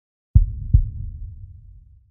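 A single deep heartbeat: two low thumps about 0.4 seconds apart, trailing off into a fading low rumble. One lub-dub cycle, too short to give a rate.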